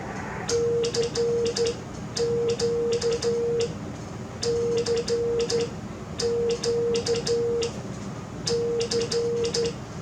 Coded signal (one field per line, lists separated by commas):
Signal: Morse code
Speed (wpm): 12 wpm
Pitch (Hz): 470 Hz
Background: none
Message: CQ CQ C